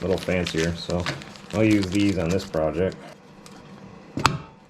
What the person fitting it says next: yep snaps right in there